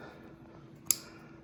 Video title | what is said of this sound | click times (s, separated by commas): A souère dans l'garage #2 | the connector and install the connector. I hear the click and push the tab. | 0.9 s